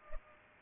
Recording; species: mosquito wingbeat signal from an infrared sensor; Culex pipiens